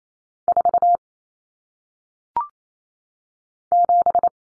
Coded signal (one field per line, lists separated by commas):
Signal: Morse code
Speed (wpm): 28 wpm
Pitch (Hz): 700 Hz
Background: none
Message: 4 7